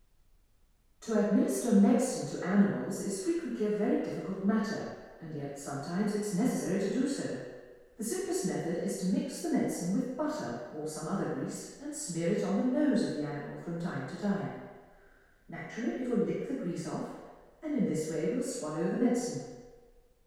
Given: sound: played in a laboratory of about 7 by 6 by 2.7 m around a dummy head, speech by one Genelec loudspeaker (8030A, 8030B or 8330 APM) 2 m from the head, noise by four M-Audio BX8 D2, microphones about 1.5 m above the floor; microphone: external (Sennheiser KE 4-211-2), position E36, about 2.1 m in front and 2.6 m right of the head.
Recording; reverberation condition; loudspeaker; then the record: female speech in English; high; 30 degrees to the left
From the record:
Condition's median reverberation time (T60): about 1300 ms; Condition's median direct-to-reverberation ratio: about -4.0 dB